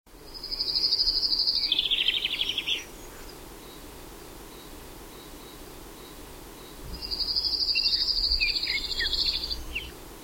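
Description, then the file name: Common chaffinch singing two phrases, each a bright trill that runs down into a lower flourish, over steady background noise. "Fringilla coelebs"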